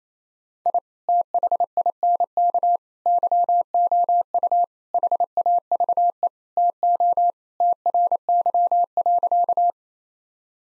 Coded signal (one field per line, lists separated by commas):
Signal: Morse code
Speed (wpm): 27 wpm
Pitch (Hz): 700 Hz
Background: none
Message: I THINK YOU HAVE TO TRY.